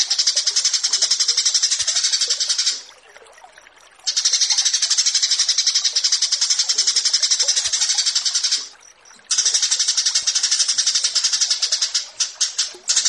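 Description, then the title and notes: Horsfield's bush lark song: long bursts of dense, rapid, buzzy high-pitched pulses, about four per second, broken by short pauses near three and nine seconds. Bird-keeping song tutoring recording (masteran) of a branjangan, presented as branjangan versus burger. "Branjangan VS BURGER Masteran Mewah 1. burung BRANJANGAN"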